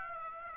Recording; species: mosquito wingbeat signal from an infrared sensor; Aedes aegypti